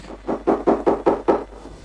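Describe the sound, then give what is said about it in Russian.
Late at night, someone raps on a door six times in a quick, steady rhythm, each knock a dull, hollow thud of even loudness, with no voices around it. “Кто бы это так поздно? Энни обычно не стучит.”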